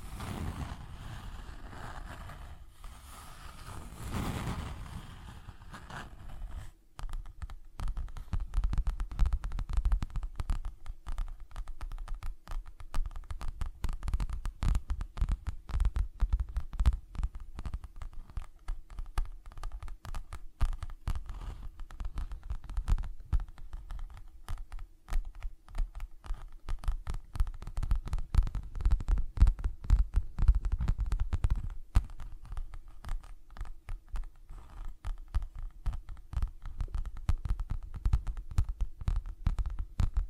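Tapping and scratching sounds: a smoother rubbing stretch for six seconds, then rapid, dense, uneven taps and scrapes continuing steadily to the end.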